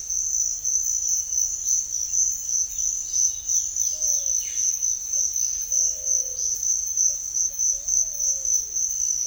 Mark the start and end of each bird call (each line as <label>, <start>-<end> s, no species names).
bird call, 1.50-6.58 s
bird call, 7.08-8.57 s